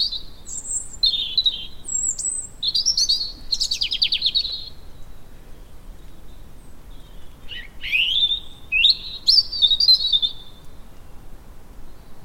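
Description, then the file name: European robin song: separate short phrases of thin high whistles and buzzy trills, with pauses between phrases, the longest about three seconds. "Erithacus rubecula"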